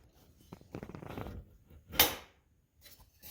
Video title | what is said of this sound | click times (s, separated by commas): R1200GS Advanced Sport Touring Passenger Backrest Modification | locks in place | 2.0 s